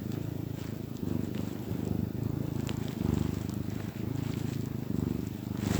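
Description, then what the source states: Domestic cat purring, a deep vibrating rumble pulsing with each breath, with no other clear sounds. Happy domestic cat purring.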